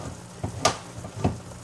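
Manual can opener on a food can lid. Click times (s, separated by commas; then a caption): 0.6 s. A Pampered Chef manual can opener is turned clockwise by its knob around the top of a food can lid, giving a low grinding, scraping sound. A short, sharp click at 0.6 s marks that the seal is broken and the lid is ready to come off, followed by a softer knock at 1.2 s.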